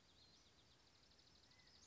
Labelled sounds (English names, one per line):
California Quail